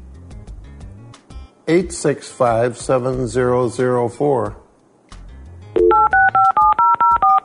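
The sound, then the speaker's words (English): A voice speaks briefly, then a voice-controlled computer phone dials a cell phone over the internet: a quick, even run of about seven touch-tone keypad beeps, each a short, bright two-note tone, clearly louder than the quiet background. “Dial phone. Thank you. Dialing.”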